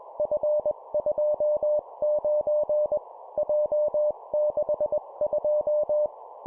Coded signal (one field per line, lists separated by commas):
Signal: Morse code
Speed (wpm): 21 wpm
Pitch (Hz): 600 Hz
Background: none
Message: F29 J62